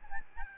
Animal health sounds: mosquito wingbeat signal from an infrared sensor; Aedes albopictus

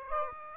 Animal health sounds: mosquito wingbeat signal from an infrared sensor; Aedes aegypti

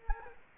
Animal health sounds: mosquito wingbeat signal from an infrared sensor; Culex quinquefasciatus

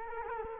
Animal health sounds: mosquito wingbeat signal from an infrared sensor; Culex quinquefasciatus

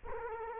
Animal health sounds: mosquito wingbeat signal from an infrared sensor; Culex quinquefasciatus

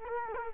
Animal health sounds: mosquito wingbeat signal from an infrared sensor; Culex quinquefasciatus

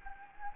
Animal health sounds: mosquito wingbeat signal from an infrared sensor; Anopheles gambiae

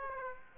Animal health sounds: mosquito wingbeat signal from an infrared sensor; Aedes aegypti

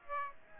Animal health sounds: mosquito wingbeat signal from an infrared sensor; Aedes aegypti

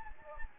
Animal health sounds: mosquito wingbeat signal from an infrared sensor; Anopheles gambiae

